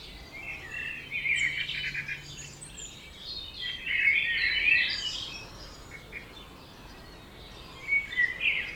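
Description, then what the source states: Several birds singing together, busy layered chirping and trilled phrases with louder bursts near the middle and end, over continuous background noise. Dawn chorus at 4am in Oberhofen, Inntal, Austria; binaural.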